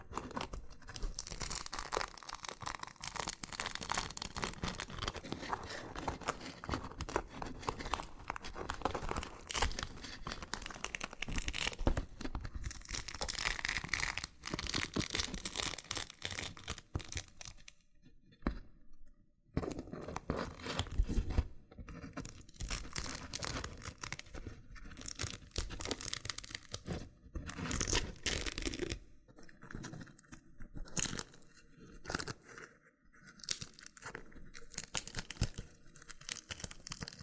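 Dense, crackling peeling and popping from a loofah fills the clip, crisp and bright with rapid irregular snaps and tearing textures. It runs nearly continuous for the first stretch, then breaks into shorter bursts with brief silent gaps around 18–19 seconds and again near 30–33 seconds.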